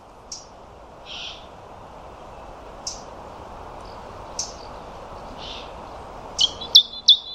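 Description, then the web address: European robin giving sparse, thin high ticks and short notes at irregular intervals, then a brief burst of high, warbling song phrases near the end over faint steady background hiss. "Deverinetal 2025 File origin Bird Only Er Ru"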